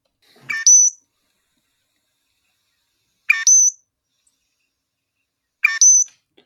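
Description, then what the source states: Loggerhead Shrike song: three harsh, buzzy phrases, each ending in a high, sharp whistled note, repeated about every two and a half seconds with silence between. Song played back from a bird identification app.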